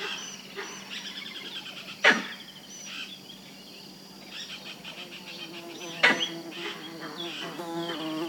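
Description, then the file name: Monkey calls: two sharp, loud shrieking bursts about four seconds apart, then quick wavering chatter near the end, with thin bird whistles and chirps throughout. Small monkey calling with birds singing in the background. "Digiffects Sound Effects Library - Small Monkey with Birds Singing"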